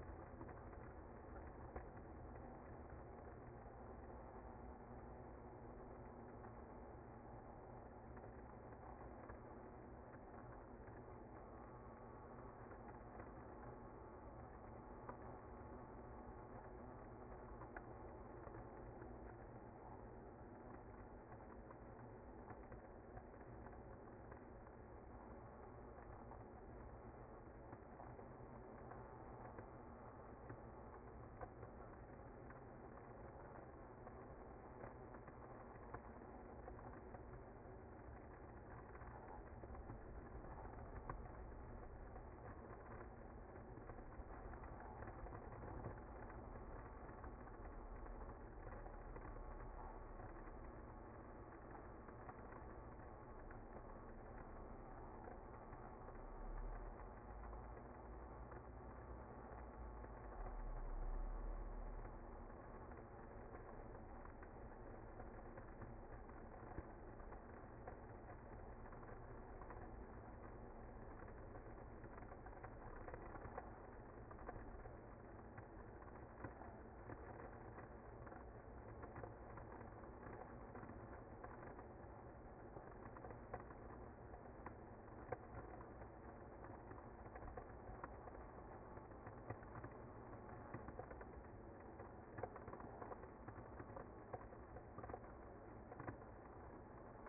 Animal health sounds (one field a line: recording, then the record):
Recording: honeybee colony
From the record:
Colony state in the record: active